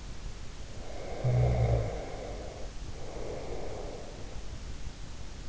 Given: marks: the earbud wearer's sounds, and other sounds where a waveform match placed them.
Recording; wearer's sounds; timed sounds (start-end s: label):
sounds in sleep by an in-ear microphone; snoring breath
0.75-4.32 s: snoring breath